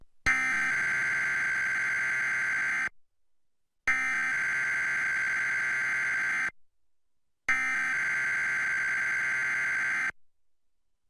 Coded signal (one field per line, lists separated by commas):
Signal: Emergency Alert System (SAME) tones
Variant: header bursts